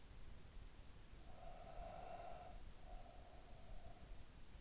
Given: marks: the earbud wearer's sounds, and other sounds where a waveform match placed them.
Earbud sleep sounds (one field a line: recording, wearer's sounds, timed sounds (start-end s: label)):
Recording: sounds in sleep by an in-ear microphone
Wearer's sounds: breath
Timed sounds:
0.99-4.29 s: breath